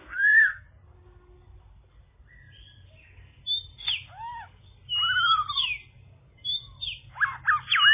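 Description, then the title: Bird song of scattered phrases: sliding whistles, downward-curving notes and quick chirps separated by short gaps. "kikicau"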